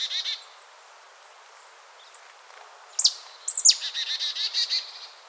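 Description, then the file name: Marsh tit calling: a few buzzy notes, a pause, then a few sharp high downslurred notes leading into a long, steady run of buzzy chattering notes. "Poecile palustris"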